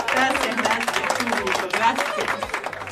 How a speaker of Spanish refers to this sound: Y tenemos el grupo de aplaudidores